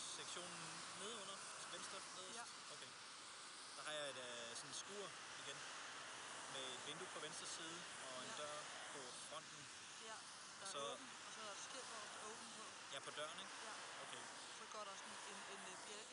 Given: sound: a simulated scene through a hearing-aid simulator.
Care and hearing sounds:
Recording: conversation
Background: traffic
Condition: 0 dB SNR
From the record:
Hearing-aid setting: I (fast-acting compression, audibility-based gain)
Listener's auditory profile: C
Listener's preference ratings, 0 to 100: 76, 36, 37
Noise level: 75 dB SPL

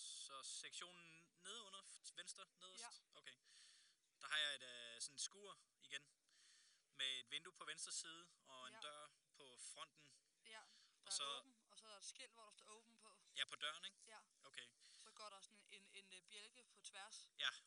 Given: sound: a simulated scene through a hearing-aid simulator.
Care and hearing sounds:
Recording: conversation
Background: quiet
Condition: 65 dB SPL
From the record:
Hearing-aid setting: standard clinical setting (NAL)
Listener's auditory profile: B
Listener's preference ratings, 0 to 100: 81, 96, 79

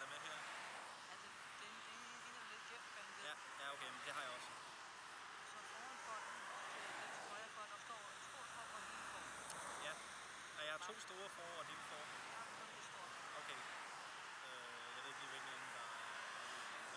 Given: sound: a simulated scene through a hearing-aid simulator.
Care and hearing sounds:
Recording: conversation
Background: traffic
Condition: -4 dB SNR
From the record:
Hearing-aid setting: I (fast-acting compression, audibility-based gain)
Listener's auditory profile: D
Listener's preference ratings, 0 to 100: 11, 16, 13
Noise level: 75 dB SPL

